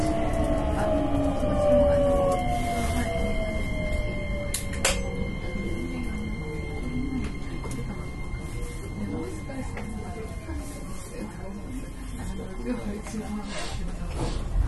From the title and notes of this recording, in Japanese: 阪急電鉄 9300系電車の走行音です。京都線の特急列車にて収録しました。From Kawaramachi (Kyoto) to Umeda (Osaka)。